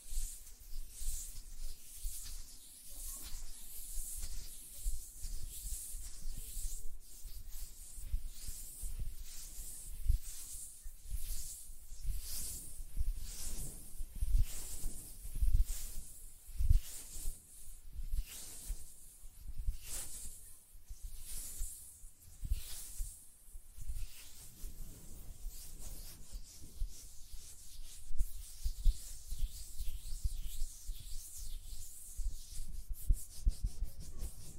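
Fingers flutter and rub over nails and hands in soft, quick, dry strokes, heard as repeated airy swishes bright in the high end. The rubbing runs steadily for the whole stretch, denser and more rhythmic in the middle, with a low rumble underneath.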